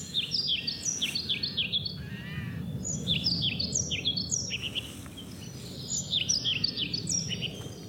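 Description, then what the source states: European Pied Flycatcher song, short phrases of high see-sawing notes, several bursts separated by brief pauses, with a low rumble and hiss behind. Flycatcher's own song, for comparison with a blackcap that imitates it.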